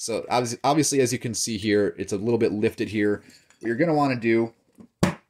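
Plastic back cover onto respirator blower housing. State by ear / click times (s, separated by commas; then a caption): seated / 5.0 s. Someone talks while the lifted plastic back cover of a powered air-purifying respirator sits partly raised on the blower housing. The cover is pushed on one side and pops into place with a sharp click at 5.0 s, leaving it seated.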